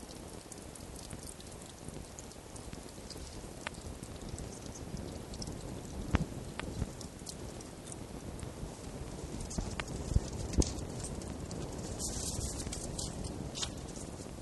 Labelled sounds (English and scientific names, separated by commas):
Red Fox (Vulpes vulpes)